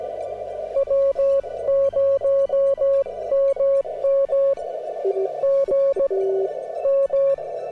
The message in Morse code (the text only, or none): W0MM GM